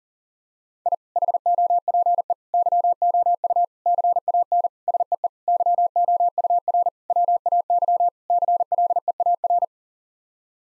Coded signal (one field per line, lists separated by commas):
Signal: Morse code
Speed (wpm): 40 wpm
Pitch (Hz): 700 Hz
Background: none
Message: I HOPE YOU CAN SEE YOUR WAY CLEAR